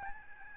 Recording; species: mosquito wingbeat signal from an infrared sensor; Aedes albopictus